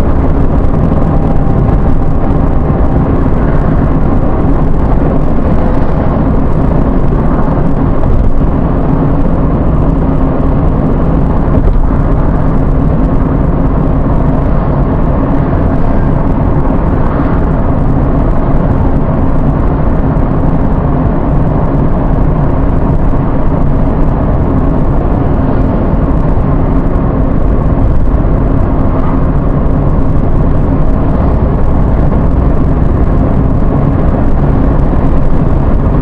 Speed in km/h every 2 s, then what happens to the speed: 81, 79, 77, 74, 72, 68, 68, 68, 68, 68, 68, 68, 68, 68, 68, 70, 72, 74.
0-10 slows to 68. 10-29 steady at about 68. 29-36 speeds up to 74.